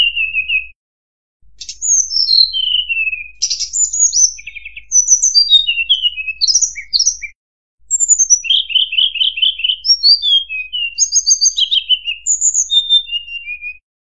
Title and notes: Pijantung Gunung Gacor Jernih Panjang. Masteran burung